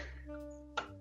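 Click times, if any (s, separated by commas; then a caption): 0.8 s. On a Dell OptiPlex 3010 desktop case, the tool-less card retention latch is pressed down over the graphics card bracket. It snaps shut with a sharp click at 0.8 s over a steady background hum with tonal music-like lines. The expansion slot latch is closed and the card is seated.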